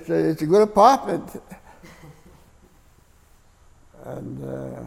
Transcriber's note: chuckles